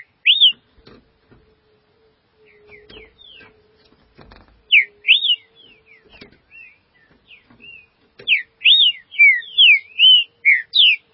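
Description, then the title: Green-winged saltator song: scattered whistled notes, some loud, with a faint low hum, building into a loud run of slurred whistles near the end. "Trinca Ferro"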